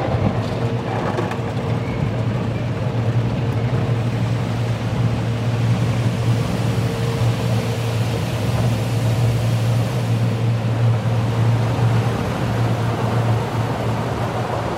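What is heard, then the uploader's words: An automatic car wash runs steadily, a dense wash of spraying, rushing water at an unchanging level throughout. A low machine hum and a fainter higher whine hold constant underneath, with no distinct breaks or separate events. Automatic Car Wash. The white noise generated by the machines.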